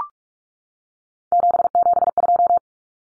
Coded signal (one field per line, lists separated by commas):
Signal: Morse code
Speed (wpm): 44 wpm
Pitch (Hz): 700 Hz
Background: none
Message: 772